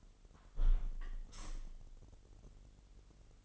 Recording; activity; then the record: daily activity, microphone in the room; close window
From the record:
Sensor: 4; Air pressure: 996.5 hPa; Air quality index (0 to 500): 85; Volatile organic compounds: 4 ppm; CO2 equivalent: 1632 ppm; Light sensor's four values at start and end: 19/53/20/22 and 19/53/20/22